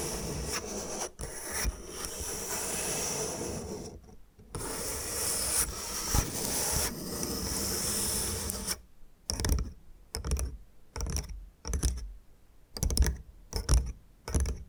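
Bamboo being scratched and brushed fills the first nine seconds with a dense, continuous rasping, broken by brief pauses near 1 and 4 seconds. After that it turns to separate short strokes and taps, about one every half second, with silence between them.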